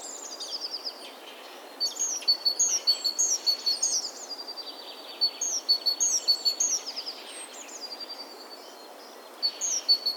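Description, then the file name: Great tit giving rapid series of sharp high chirps above a thin continuous whistle, in separate bursts with quieter stretches between, against low steady hiss. "Parus major"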